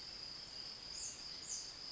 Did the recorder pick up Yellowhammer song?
no